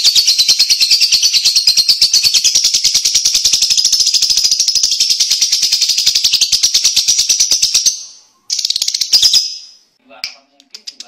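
Lovebird chatter, loud rapid pulsing shrill notes for eight seconds, fading into a few broken chirps and short squeaks.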